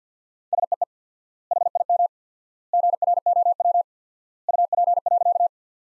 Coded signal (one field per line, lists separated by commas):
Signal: Morse code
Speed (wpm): 50 wpm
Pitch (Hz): 700 Hz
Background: none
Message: SEE HIM GROW UP.